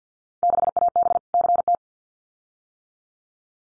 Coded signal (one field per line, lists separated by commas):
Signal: Morse code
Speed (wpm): 50 wpm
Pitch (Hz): 700 Hz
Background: none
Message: 6AB CT